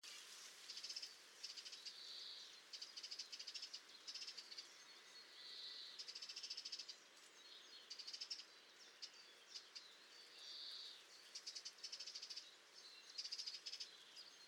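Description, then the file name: Eurasian wren giving high, dry rattling call bursts, short ticking and churring phrases repeated every second or two over steady faint hiss. "Troglodytes troglodytes"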